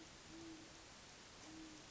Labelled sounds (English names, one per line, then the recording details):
Great Horned Owl
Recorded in Sonoma County, California